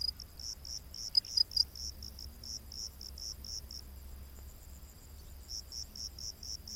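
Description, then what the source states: Cricket giving high pulsed chirps at a fast pace, a few louder ones early on, a softer stretch in the middle, then resuming. Rainforest at night.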